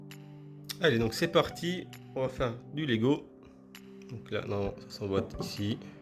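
A magnetized part of a 1/4 scale resin Tifa (FF7) figure by Ekon Studio is handled near the statue body, with someone talking over background music and a few faint handling ticks. The clip ends before the part goes in, so nothing has seated or clicked yet.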